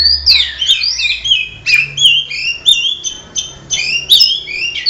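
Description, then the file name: Oriental magpie-robin song, loud fluty whistles and downslurred notes in quick succession, with some squeaky and harsher elements. Kacer song simulating an Indonesian songbird contest. "audio simulasi lomba untuk kacer omkicau"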